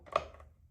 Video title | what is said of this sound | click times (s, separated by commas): Roll Adjustment Quick Cal 5 0 | you'll you'll notice it'll actually click into place right there. | 0.2 s